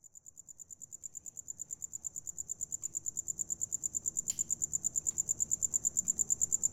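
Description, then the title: Cricket chirps, high and regular, grow louder throughout, with one short click midway. Recorded inside an abandoned house in Carmen, Campeche, Mexico, using a TASCAM DR-100 mkII recorder and RODE NTG-2 shotgun microphone with deadcat. "Carmen, Camp., México - Grillo interior de casa abandonada"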